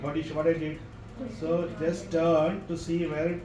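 Someone talks while turning an audio cable plug to line up its pins with the three holes of a socket on sound system equipment. Only speech is heard, with no sharp sounds. Nothing has seated or clicked yet.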